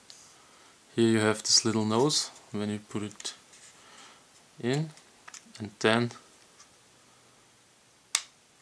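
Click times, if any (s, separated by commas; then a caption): 8.1 s. A polymer beavertail backstrap with a small nose is pushed onto a Glock pistol grip frame while someone talks. A sharp snap at 8.2 s marks the backstrap seating into place on the grip.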